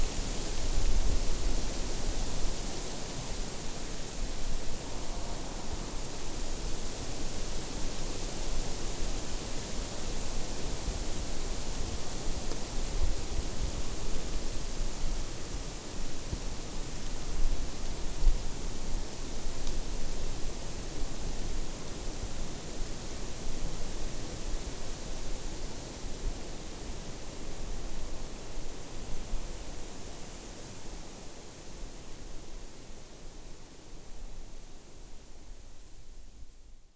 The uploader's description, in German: Blätterrauschen – Ahorn und Birke